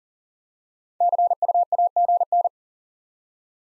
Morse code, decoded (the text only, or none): CU AGN